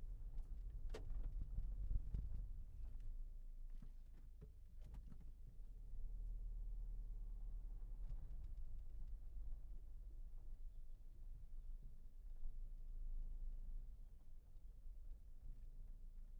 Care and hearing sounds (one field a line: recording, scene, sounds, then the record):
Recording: everyday scene through a hearing-aid microphone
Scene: in a vehicle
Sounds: engine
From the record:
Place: Berlingo II, diesel engine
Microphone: behind the ear, left, front